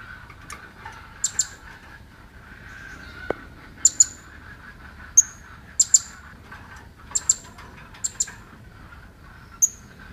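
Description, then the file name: Blue-crowned hanging parrot high, thin chirps, short sharp notes given singly and in pairs at irregular intervals, over a soft steady hum and a faint click. Female. "suara betina serindit"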